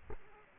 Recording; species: mosquito wingbeat signal from an infrared sensor; Culex quinquefasciatus